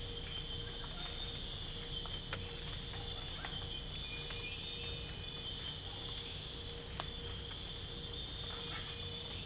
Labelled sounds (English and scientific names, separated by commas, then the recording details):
none
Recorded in dense forest near Puerto Asís, Putumayo, Colombia, on 22 December 2024 at 02:30
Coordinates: 0.484, -76.325
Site G056